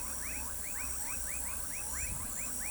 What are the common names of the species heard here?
none